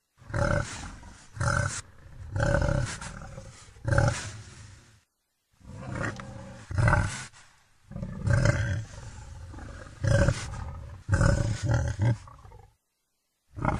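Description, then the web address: Wild boar giving deep, rough grunting and roaring bursts, repeated in quick succession with brief pauses between them. "Dzik"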